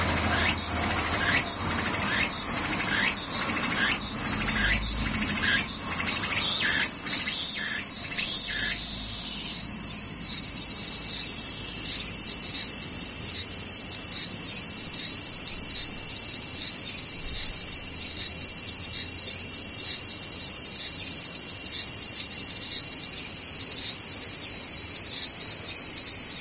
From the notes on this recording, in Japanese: セミ